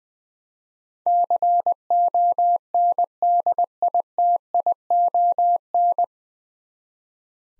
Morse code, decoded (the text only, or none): CONDITION